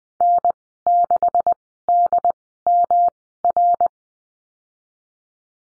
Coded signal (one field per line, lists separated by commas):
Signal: Morse code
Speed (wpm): 20 wpm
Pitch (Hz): 700 Hz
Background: none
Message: N6DMR